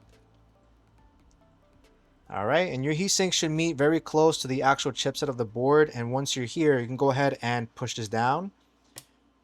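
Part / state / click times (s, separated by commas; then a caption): M.2 heatsink cover onto motherboard / seated / 9.0 s. A metal M.2 heatsink cover is pushed down onto a motherboard over the NVMe SSDs, with the heatsink sitting very close to the board's chipset. Someone talks through most of the clip, then a short click at 9.0 s marks the cover latching and locking into place.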